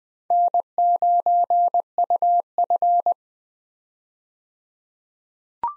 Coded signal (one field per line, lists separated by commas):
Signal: Morse code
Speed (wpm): 21 wpm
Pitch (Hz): 700 Hz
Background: none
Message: N9UF